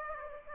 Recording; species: mosquito wingbeat signal from an infrared sensor; Aedes aegypti